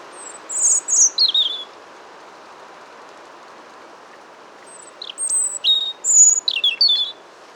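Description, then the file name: European robin: a short high tinkling phrase, about three seconds of silence, then a longer burst of thin whistles and rapid twittering notes over faint hiss. "Erithacus rubecula"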